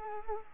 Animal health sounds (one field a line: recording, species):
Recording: mosquito wingbeat signal from an infrared sensor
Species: Culex quinquefasciatus